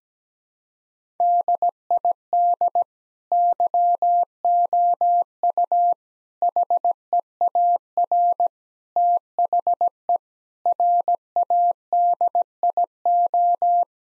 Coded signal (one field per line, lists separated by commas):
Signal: Morse code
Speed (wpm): 17 wpm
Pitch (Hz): 700 Hz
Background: none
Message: DID YOU HEAR THE RADIO